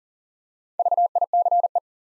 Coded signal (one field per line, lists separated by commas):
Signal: Morse code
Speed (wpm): 40 wpm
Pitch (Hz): 700 Hz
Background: none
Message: VICE